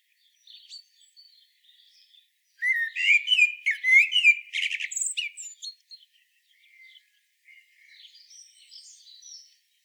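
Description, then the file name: Common blackbird singing one loud phrase of mellow whistled notes ending in high scratchy twittering, with softer thin warbling before and after. "Turdus merula"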